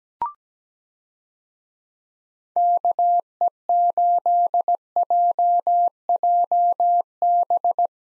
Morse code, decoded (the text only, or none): KE8JJB